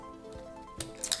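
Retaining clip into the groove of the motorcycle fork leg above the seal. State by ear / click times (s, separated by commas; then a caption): seated / 0.8 s, 1.1 s. A metal retaining clip is slid down a motorcycle fork tube and pressed into its groove above the new fork seal. Over a faint tonal background, two sharp metallic clicks ring out at 0.8 s and 1.1 s. The clip is seated in the groove.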